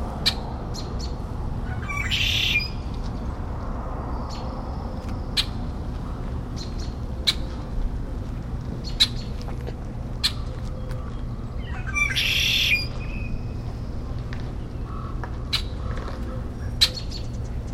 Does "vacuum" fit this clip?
no